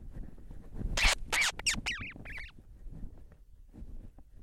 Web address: sound Blue-petrel. صدای-پرنده-مرغ-باران-آبی